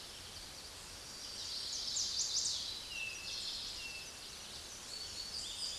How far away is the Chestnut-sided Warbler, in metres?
about 10 m